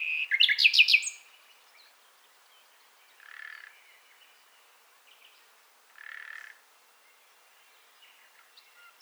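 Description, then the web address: Common nightingale song: an intense rattling burst, then softer low churring notes every few seconds with long pauses. "SETE Luscinia megarhynchos"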